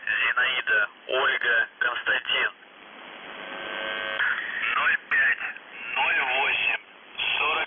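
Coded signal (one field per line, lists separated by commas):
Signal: numbers station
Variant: UVB-76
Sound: a male voice reads short words over a radio channel, with a pause of hiss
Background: radio static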